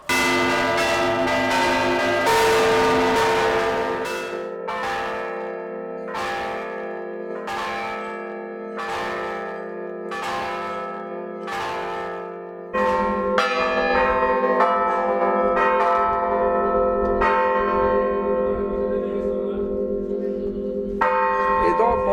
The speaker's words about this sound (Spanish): Campane hanno due cose basiche. Il golpe secco è questo, forte.